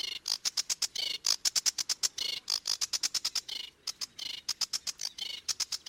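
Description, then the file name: Sedge warbler song: rapid dry ticking notes in quick bursts mixed with brief thin whistles and buzzy phrases, restless and varied throughout. "Phragmite des joncs"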